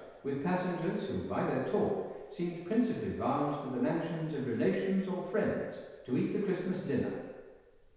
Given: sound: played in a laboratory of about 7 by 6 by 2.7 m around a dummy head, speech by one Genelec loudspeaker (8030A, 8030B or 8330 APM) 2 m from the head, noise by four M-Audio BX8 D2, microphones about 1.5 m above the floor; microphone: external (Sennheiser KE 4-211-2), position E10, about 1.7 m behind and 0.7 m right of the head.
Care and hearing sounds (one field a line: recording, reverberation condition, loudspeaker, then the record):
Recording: male speech in English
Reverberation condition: high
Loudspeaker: 90 degrees to the right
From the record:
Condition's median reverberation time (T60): about 1300 ms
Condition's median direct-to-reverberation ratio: about -4.0 dB